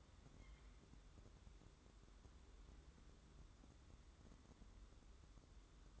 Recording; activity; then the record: daily activity, microphone in the room; wipe stove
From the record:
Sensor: 3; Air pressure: 1015.1 hPa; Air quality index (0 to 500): 83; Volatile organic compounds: 2 ppm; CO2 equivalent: 1126 ppm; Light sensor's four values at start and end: 15/39/15/16 and 15/39/16/16